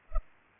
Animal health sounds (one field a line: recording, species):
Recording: mosquito wingbeat signal from an infrared sensor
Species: Culex pipiens